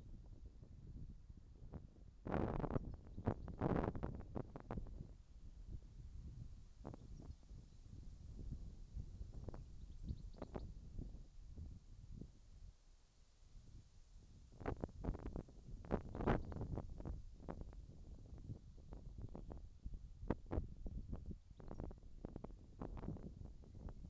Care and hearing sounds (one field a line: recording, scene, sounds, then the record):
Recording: everyday scene through a hearing-aid microphone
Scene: wind on the microphone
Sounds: wind, whistling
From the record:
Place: in front of a rural house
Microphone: in the ear canal, left